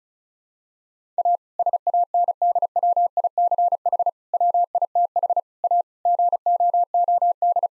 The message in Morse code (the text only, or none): A SANDWICH WITH A GOOD